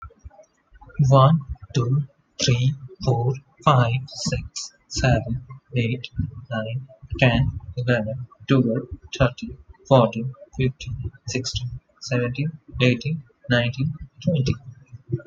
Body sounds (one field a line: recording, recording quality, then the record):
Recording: counting at a normal pace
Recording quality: excellent, no background noise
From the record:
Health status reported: exposed to COVID-19, no respiratory illness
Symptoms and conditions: fever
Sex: male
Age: 25 years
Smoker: not ticked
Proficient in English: yes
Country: India